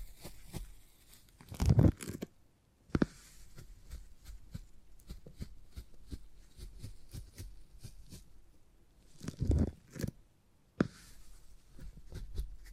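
Beeswax is squished and tapped in crackly, sticky clicks and soft rustles, with two louder crunching bursts near two and ten seconds.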